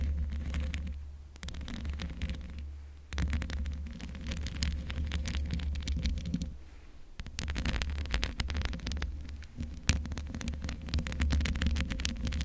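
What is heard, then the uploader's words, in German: Scratching and rubbing on a microphone without a pop filter, a dense crackling scrape over a heavy low rumble and thump. It runs almost continuously in rough bursts, easing into brief quieter gaps near one second, three seconds, and around six to seven seconds. Mic Scratching ohne Popschutz.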